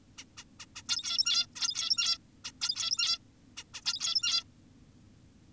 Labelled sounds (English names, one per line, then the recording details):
Zebra Finch
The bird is an adult
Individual g17y2U